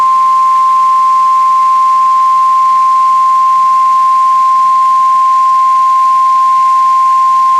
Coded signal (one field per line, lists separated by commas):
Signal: Emergency Alert System (SAME) tones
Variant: 1050 Hz attention tone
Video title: EAS #2- Severe Thunderstorm Warning- Our County!